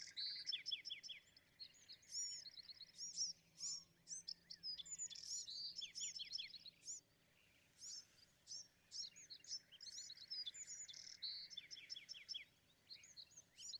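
Bewick's wren song: dense, high, varied phrases of chirps, buzzes and short trills repeat with brief pauses, the bright notes layered over faint low background noise.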